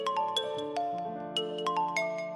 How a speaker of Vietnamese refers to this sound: Đang trò chuyện thì chuông điện thoại kêu.